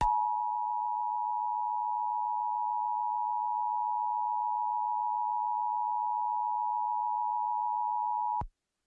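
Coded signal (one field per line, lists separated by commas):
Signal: Emergency Alert System (SAME) tones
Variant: 853 and 960 Hz attention tone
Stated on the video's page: Iowa state EAS tests, recorded from broadcast stations including TV channels.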